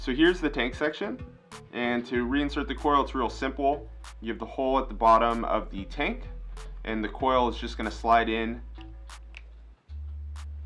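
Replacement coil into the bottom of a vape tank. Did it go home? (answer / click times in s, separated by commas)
yes / 9.4 s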